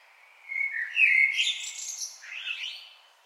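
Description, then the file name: Common blackbird song phrase: low warbled whistles sliding around, followed by a thin high twittering flourish. "Turdus merula"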